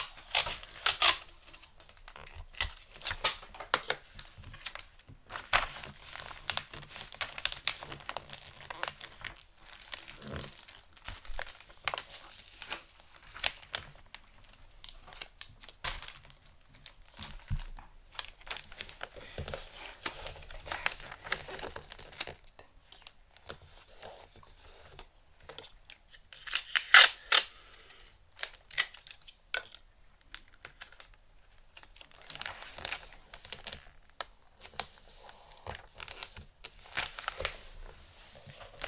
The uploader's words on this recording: ASMR Xmas Gift Wrapping Intense Crinkle, Tape, Scissors Sounds.